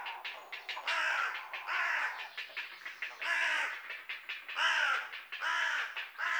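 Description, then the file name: Carrion Crow calling with a busy, irregular series of harsh rasping caws of varying length. "Corvus corone"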